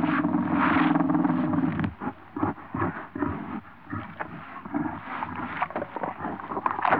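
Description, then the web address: Warthog snarl and growls: a harsh, loud rasping call for two seconds, then choppy guttural grunts and growls in irregular bursts. Warthogs in Africa, recorded close up, growling and snarling. "BBC Sound Effects Library. Africa. Wart Hogs"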